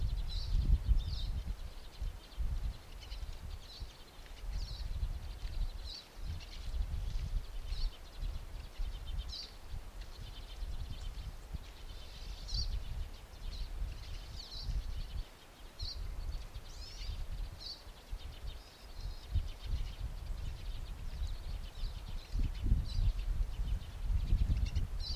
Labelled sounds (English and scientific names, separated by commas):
Pine Siskin (Spinus pinus) call